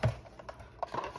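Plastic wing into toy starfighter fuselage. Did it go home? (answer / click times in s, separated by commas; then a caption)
no / none. A plastic wing is handled against the body of a New Republic E-Wing toy starfighter, with short plastic handling taps at about 0.0 s and 0.8 s and quieter rustling between them. Nothing has seated or clicked into place yet.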